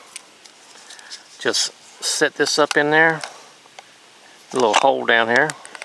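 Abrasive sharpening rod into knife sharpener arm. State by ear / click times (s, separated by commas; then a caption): not seated / none. Someone talks while handling a three-sided abrasive rod with diamond and ceramic plates, set to its 320 grit face, and guiding its end toward a small hole in the plastic arm of a Work Sharp Precision Adjust Knife Sharpener. Faint handling ticks come at about 0.2, 0.5, 1.0, 3.8 and 5.8 seconds. The rod has not snapped into the holder yet, and nothing has seated or clicked.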